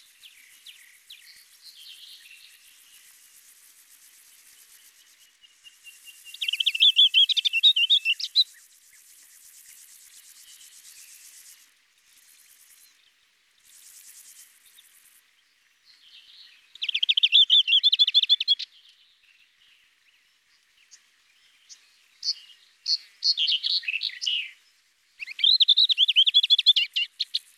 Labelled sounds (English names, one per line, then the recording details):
Lesser Whitethroat song
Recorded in the wild
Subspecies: althaea
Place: Tahtakaraca-Pass 1788 m (Alexanderpass), UZ
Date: 2001-05-22
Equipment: MiniDisc Sharp MT 20 H
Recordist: Schwarz, Dieter
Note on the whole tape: Song